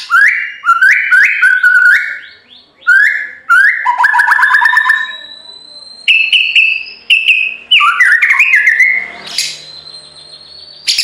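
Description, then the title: White-rumped shama with fluty rising whistles repeated in a series, then buzzy trills and higher ringing notes, then a harsh burst. Masteran (training) recording of full rolling (ngerol) song with nembak notes. "Masteran Murai Batu Full Ngerol Nembak"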